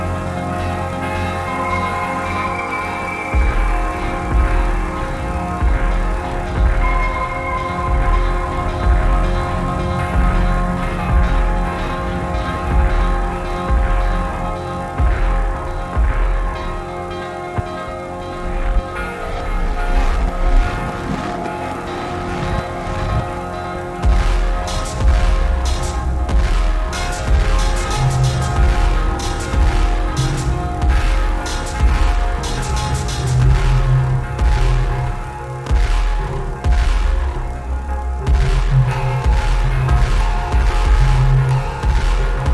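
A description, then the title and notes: Bells ring out in long sustained tones over a steady low drum pulse that holds throughout. A light patter of rain comes in about halfway, a dense scatter of soft ticks that builds around 25 to 40 seconds while the bells and drums keep going. A little rain with bells with drums by WooliebuGGer.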